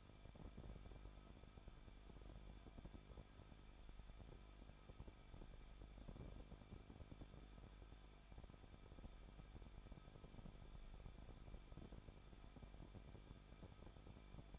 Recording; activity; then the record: daily activity, microphone in the room; no activity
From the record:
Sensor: 5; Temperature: 20.8 degrees Celsius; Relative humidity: 38.5%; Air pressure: 1006.5 hPa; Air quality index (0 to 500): 191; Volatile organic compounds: 20 ppm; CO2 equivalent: 2689 ppm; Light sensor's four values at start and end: 2/3/1/1 and 2/3/1/1